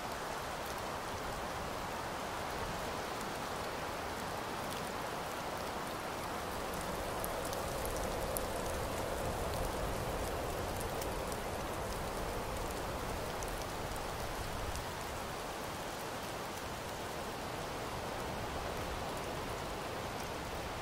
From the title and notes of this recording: RELAX Snowfall & Wind - Ottawa, Canada.